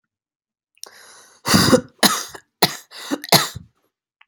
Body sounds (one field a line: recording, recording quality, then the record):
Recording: heavy voluntary cough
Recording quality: excellent, no background noise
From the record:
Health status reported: healthy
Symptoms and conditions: none ticked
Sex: male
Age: 26 years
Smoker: yes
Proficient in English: yes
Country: United States